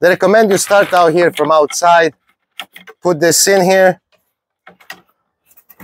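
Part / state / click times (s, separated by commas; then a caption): plastic edge piece into insulated beehive body box / seated / 4.7 s, 4.9 s. A plastic edge piece is pressed into an insulated beehive body box, starting from the outside as the maker recommends. Someone talks, then faint handling ticks follow, and the piece snaps in at 4.7 and 4.9 seconds, seated.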